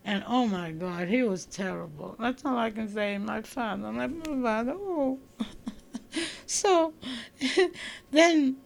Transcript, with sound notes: And, oh, my God, he was terrible. That's all I can say. My father, my father, oh. ( she laughs ) So then,